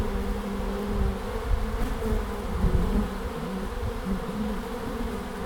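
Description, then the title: Bees buzz in a dense, constant hum, individual insects rising and falling in pitch as they pass, with low background rumble. Bees at the end of March in Langel, Cologne, Germany. "Langel, Köln, Deutschland - Bienen Ende März. Bees at the end of march"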